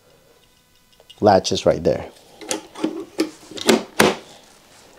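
A dryer vent hose connector is pushed so its clips go over the four latches on the dryer outlet fitting while someone talks. A series of sharp clicks and knocks follows, and the loudest click at 4.0 s marks the connector locking in place.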